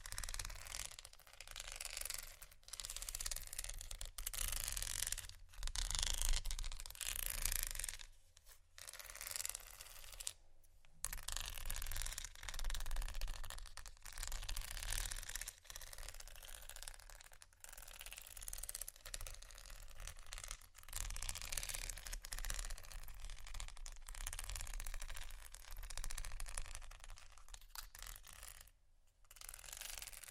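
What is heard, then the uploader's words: Bumpy items are scratched in a continuous rough, grinding rasp that runs almost without pause. The texture is dense and gritty, with a rattling, ratchet-like edge and a low rumble underneath. Brief gaps of near silence break it around 2, 5, 8, 11, and 28 seconds. ASMR Scratching Bumpy Items No Talking Rode Mics.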